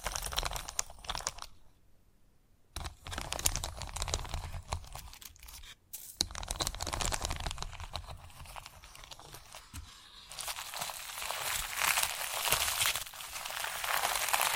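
Chalk scratches and crunches in dense, uneven bursts, pausing near two and six seconds, then growing brighter and harsher after ten seconds.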